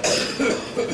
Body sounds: coughing mixed with background sound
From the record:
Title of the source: Spring Cold Coughing 3

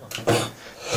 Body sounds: coughing mixed with background sound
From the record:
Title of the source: Cough Around the Clock!

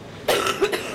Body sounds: coughing mixed with background sound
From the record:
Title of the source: 34 coughing up crap again

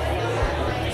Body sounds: background sound without coughing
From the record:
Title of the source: CITY SOUNDS Busy Bar in the Evening Night - 2 HOURS of Ambiance for Relaxation

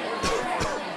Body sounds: coughing mixed with background sound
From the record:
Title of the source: Coughing 51

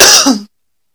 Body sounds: coughing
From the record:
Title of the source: November cold (wet coughing)

